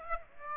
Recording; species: mosquito wingbeat signal from an infrared sensor; Aedes aegypti